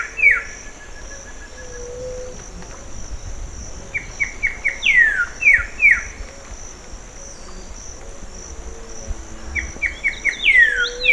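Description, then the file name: Bird calls: clusters of falling whistled chirps arriving in several bursts, separated by quieter gaps, with a continuous thin high buzz and faint low background noise. "SABIOD 50 bird 2015"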